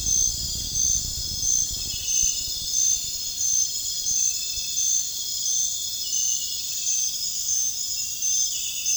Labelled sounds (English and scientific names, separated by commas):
none